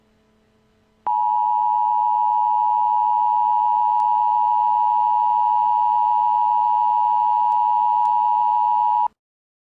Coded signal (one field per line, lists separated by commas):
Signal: Emergency Alert System (SAME) tones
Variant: 853 and 960 Hz attention tone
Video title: EAS MOCK: Zombie Outbreak in Hendrickson, IN (w/ scrolling text)